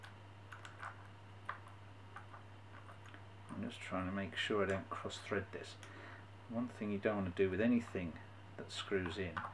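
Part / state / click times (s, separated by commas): cleat bolt into cycling sandal sole plate / not seated / none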